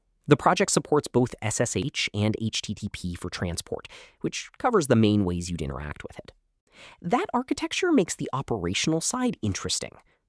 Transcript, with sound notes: The project supports both SSH and HTTP for transport, which covers the main ways you’d interact with it.
[with emphasis] That architecture makes the operational side interesting.